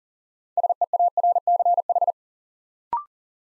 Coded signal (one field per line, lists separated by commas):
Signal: Morse code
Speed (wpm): 41 wpm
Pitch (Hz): 700 Hz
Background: none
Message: SEARCH